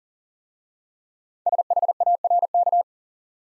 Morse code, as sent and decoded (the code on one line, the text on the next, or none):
... .... .- .-. -.-
SHARK